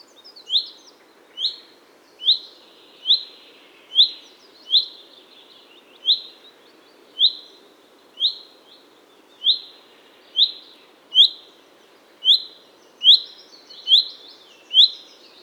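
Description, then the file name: Common chaffinch giving a steady series of short, bright, up-slurred call notes, roughly one per second, over faint background hiss. "Fringilla coelebs"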